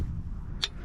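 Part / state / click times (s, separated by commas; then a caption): pan night latch on a steel foothold trap / seated / 0.6 s. A steel Duke 550 foothold predator trap is set by hand for coyote, and the night latch on its pan engages with a single sharp metallic click at 0.6 s over a low, steady background rumble. The trap is now latched and set level.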